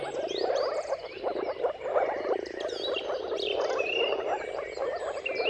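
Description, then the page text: Moor frog mating chorus: rapid, low, pulsing wooing notes from many frogs at once, with birds whistling and chattering in the background. Moor frogs' mating calls in a chorus at sunrise, at the turn of March and April, timing depending on the weather. "Jakub-Orzecki moor frogs. Dawn’s Chorus: Mating Calls of Marsh Frogs at Sunrise. Depending on the weather at the turn of March and April, you can witness an amazing spectacle of moor frogs"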